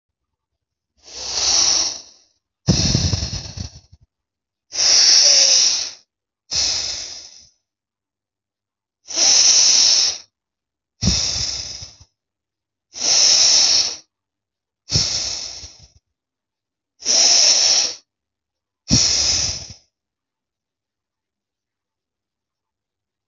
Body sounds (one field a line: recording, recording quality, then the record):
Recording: deep breathing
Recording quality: excellent, no background noise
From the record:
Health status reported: healthy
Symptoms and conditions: none ticked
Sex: female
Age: 27 years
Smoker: not ticked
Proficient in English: yes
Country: India